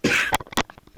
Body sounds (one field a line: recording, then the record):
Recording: coughing mixed with background sound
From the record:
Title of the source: 64 coughing, allergies, singing lungs